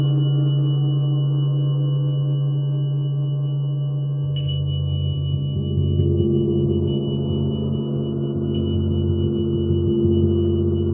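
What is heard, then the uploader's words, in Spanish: Tibetan singing bowls ring with long, steady, overlapping tones, low and warm with a thin high ringing line above. Around four seconds a new bowl is struck and the low tones shift, followed by a few faint bright chimes at about six and nine seconds. Cuencos Tibetanos.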